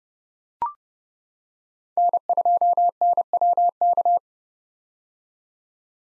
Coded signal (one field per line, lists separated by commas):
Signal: Morse code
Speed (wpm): 30 wpm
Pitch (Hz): 700 Hz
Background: none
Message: N2NWK